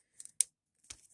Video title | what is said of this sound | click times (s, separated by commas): Transformers Combiner Wars Stormclash Toy Review | and then you're just going to pull her joint down until it clicks in like this | 0.4 s